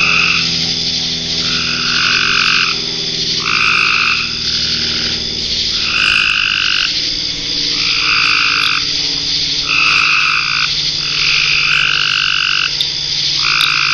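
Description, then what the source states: Frogs giving repeated buzzy trilled croaks, with a constant high-pitched insect hum behind. Frogs in ponds near a pond in a forest wildlife management area, with crickets and cicadas.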